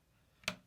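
A mechanical key switch is set straight down into a keyboard plate and hot-swap socket, pressed straight rather than at an angle so its metal pins don't bend. After near silence, a faint contact at 0.4 s leads into one sharp, bright click at 0.5 s as the switch snaps in. The switch is seated.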